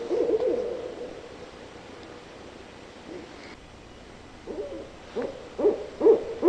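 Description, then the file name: Barred owl hoots, one drawn-out note at the start, then a long quiet stretch before a run of short hoots near the end. Recorded 9 June 2003; a set of 12 calls. "2003-06-09 BAOW-12 Calls"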